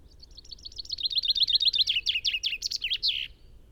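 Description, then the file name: Common chaffinch song: a fast series of bright, sharp notes that drops in pitch, ending in a short flourish, over faint low background noise. "Fringilla coelebs"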